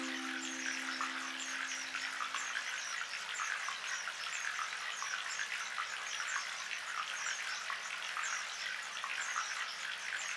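Birds chirp in a dense, steady chorus of bright, quick calls layered over a soft, continuous hiss like gently running water. A low steady hum sits underneath for the first two or three seconds, then fades out. The level stays even throughout.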